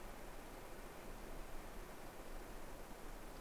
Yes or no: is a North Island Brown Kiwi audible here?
no